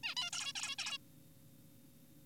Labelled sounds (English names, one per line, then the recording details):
Zebra Finch
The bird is an adult
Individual g4p5U